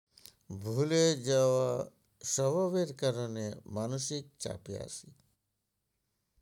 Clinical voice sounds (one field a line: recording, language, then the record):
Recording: elicited speech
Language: Bengali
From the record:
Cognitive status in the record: dementia